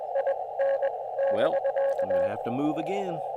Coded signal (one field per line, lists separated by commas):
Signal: Morse code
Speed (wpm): 21 wpm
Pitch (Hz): 550 Hz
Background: speech, radio noise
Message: IN <BK>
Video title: Can I get 89 contacts on QRP to get the KILO - Live POTA CW activation